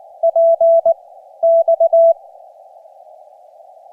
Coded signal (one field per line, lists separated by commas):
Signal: Morse code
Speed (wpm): 23 wpm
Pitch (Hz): 690 Hz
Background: none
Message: PX